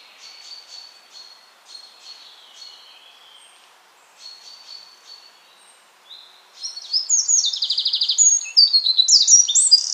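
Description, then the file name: Eurasian wren singing: soft, scattered high notes at first, then a loud, rapid outpouring of shrill trills and chattering phrases over the last few seconds. "Troglodytes troglodytes"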